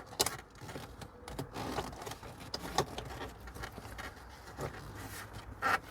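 A plastic wiring harness connector is slid and pushed into a new HVAC blower motor resistor module on a Jeep Liberty KJ, seating with a sharp click at 0.2 s. Softer handling clicks and rustles follow, with further short snaps around 1.3, 2.5 and 2.8 s, and the connector ends up seated nice and tight.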